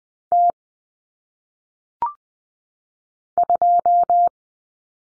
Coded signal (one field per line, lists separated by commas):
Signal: Morse code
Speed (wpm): 20 wpm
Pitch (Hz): 700 Hz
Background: none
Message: T 2